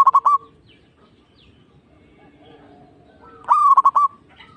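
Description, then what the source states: Zebra dove singing two pulsed, trilling coo phrases about three seconds apart. Local (lokal) zebra dove, singing.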